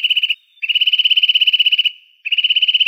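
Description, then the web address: Eurasian nuthatch giving fast, even trills of clear piping notes, one short series, then a long one, then another after a brief pause. "Sitta europaea"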